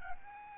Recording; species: mosquito wingbeat signal from an infrared sensor; Aedes albopictus